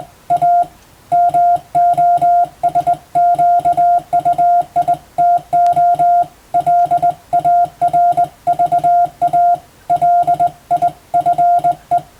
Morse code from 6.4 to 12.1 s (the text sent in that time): LARVA LIFE